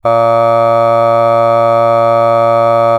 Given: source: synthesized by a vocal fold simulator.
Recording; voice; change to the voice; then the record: sustained vowel; male; aspiration noise (breathiness), level 3 of 10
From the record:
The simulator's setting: 0.37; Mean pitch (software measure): 115 Hz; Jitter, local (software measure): 0.24%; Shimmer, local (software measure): 1.3%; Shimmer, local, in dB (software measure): 0.11 dB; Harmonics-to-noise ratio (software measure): 28.6 dB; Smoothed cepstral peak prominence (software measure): 21.8 dB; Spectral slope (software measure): -17.2 dB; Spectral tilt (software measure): -9.2 dB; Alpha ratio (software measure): -7.6 dB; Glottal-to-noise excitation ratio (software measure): 0.991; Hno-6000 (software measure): 2.4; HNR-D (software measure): 23.8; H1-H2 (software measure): 4.9 dB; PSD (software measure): 2.2e-05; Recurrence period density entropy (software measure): 0.108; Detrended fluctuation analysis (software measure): 0.0544